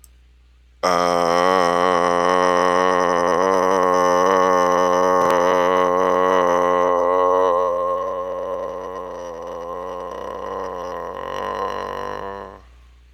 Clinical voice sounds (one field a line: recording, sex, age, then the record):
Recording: vowel held as long as possible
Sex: male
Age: 50 to 59 years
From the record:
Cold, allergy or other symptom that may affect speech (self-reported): no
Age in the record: 58 years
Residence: Minnesota, United States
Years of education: 14